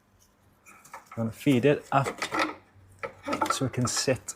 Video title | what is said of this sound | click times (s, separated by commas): 16BC13 Thermostat Replacement Dacia Sandero | should snap into place and you should hear a click | 0.9 s